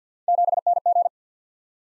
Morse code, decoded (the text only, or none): 7NG